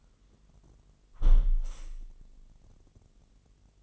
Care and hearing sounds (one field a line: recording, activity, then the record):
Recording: daily activity, microphone in the room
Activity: close window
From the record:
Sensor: 4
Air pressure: 999.3 hPa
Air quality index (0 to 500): 137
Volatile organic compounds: 3 ppm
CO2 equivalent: 1355 ppm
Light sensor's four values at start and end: 20/49/20/22 and 20/49/20/22